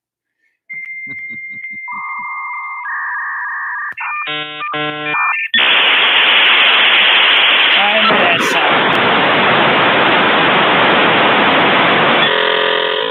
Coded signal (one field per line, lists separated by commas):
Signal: dial-up modem handshake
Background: speech